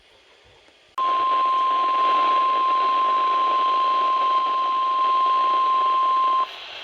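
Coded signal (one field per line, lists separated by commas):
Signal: Emergency Alert System (SAME) tones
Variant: 1050 Hz attention tone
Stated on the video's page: Real EAS alerts during Tropical Storm Fred.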